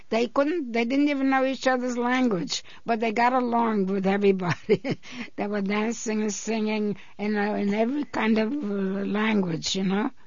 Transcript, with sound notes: They couldn't, they didn't even know each other's language. But they got along with everybody. (she laughs) They were dancing and singing in, in every kind of language, you know.